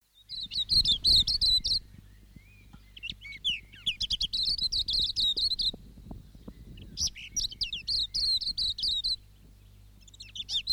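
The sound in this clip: Silvereye song in four bursts of rapid high twittering notes separated by pauses, the last burst cut off at the end, with low rumbling background noise.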